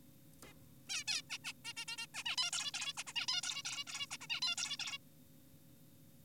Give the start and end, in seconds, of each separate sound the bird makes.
0.44-0.53, 0.90-1.04, 1.08-1.22, 1.30-1.38, 1.44-1.53, 1.65-1.73, 1.77-1.85, 1.88-1.97, 1.98-2.06, 2.14-2.24, 2.26-2.36, 2.38-2.51, 2.53-2.72, 2.74-2.93, 2.98-3.04, 3.07-3.13, 3.16-3.26, 3.28-3.42, 3.44-3.63, 3.65-3.84, 3.87-4.06, 4.11-4.17, 4.21-4.27, 4.30-4.41, 4.42-4.56, 4.58-4.77, 4.80-4.98